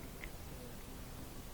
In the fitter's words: that we're just gonna push it in it'll click into place